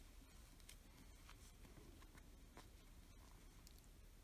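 A plastic locking back (washer) is being pushed onto the post of a plastic safety eye through the crocheted fabric of a plush chicken. Soft rustling and handling noise is heard over a low background hum, with two brief faint ticks near 0.7 and 3.7 seconds. The back has not yet clicked or seated on the post.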